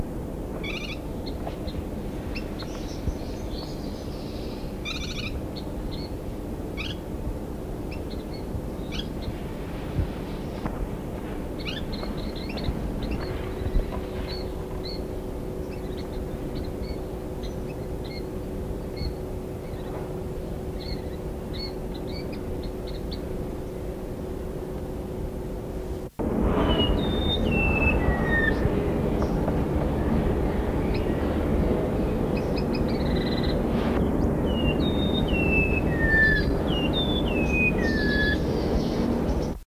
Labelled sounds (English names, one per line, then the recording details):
Black-chinned Yuhina call
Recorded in captivity
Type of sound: call
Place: Zoo Frankfurt, Hessen, DE
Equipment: Halbspur, 9,5 cm/s
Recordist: Lütgens, Hans
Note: Rufe